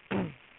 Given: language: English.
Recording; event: throat vibration sensor signal played as sound; throat clearing